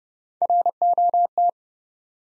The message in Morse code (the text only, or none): ROT